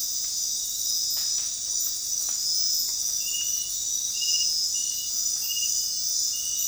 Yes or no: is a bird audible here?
no